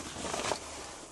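Small plastic clips on a shower curtain are handled and pushed toward the ceiling track mount inside a 2025 Ford Transit AWD pop-top campervan. Soft, broadband rustling and handling noise rises to a brief peak around 0.5 s, then settles into a low, steady hiss. Nothing has seated or clicked into place yet.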